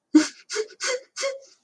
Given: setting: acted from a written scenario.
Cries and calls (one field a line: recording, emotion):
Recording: vocal sound without words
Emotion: fear